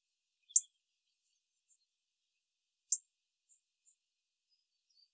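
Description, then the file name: European robin calls: two sharp, high ticks about two seconds apart, with a few faint soft notes in between. "Erithacus rubecula"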